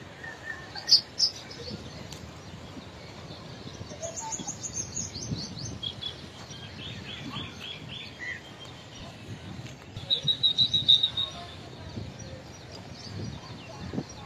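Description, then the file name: Indian silverbill singing in thin, high chirps, with a descending series of notes early and a fast, even string of bright notes later, over background hiss. "canto do bico de chumbo indiano"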